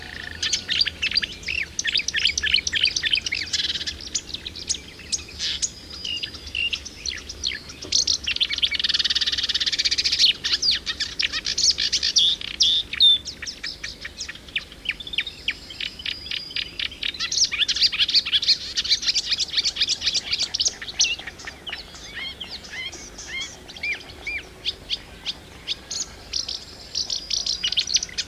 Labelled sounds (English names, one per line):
Marsh Warbler song